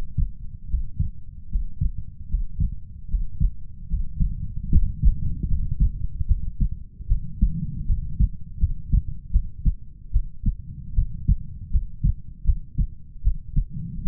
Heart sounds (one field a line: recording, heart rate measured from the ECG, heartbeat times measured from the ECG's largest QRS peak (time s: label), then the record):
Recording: heart sounds by stethoscope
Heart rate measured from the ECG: 76 bpm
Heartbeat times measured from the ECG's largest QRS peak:
0.68 s: heartbeat
1.49 s: heartbeat
2.28 s: heartbeat
3.08 s: heartbeat
3.88 s: heartbeat
4.70 s: heartbeat
5.46 s: heartbeat
6.26 s: heartbeat
7.07 s: heartbeat
7.85 s: heartbeat
8.58 s: heartbeat
9.31 s: heartbeat
10.11 s: heartbeat
10.94 s: heartbeat
11.70 s: heartbeat
12.44 s: heartbeat
13.22 s: heartbeat
14.02 s: heartbeat
From the record:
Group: healthy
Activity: Valsalva maneuver 0-7 s, rest 7-14 s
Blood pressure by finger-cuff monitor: 106/66 mmHg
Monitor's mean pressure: 81 mmHg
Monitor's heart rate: 76 bpm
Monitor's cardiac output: 6.3 L/min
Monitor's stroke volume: 86 mL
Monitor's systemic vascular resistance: 900 dyn s/cm5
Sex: female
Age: 19 years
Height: 163 cm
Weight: 48.9 kg